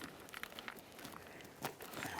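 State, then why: Seated. A wiring harness connector is pushed onto the power window motor in the door of a 2012–2015 Honda Civic, with light crinkling and handling noise around it. A sharp click at 0.4 s marks the connector seating, and later thuds come from further handling.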